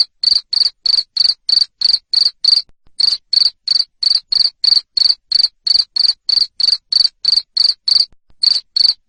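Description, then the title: Loud cricket chirping, high-pitched pulses repeated about three times a second with a couple of brief gaps. Loud 'ngerik' cricket sound played to stimulate lovebirds to keep singing ('ngekek'). "Suara JANGKRIK NGERIK Keras Bikin LOVEBIRD Jadi NGEKEK Terus Vubey"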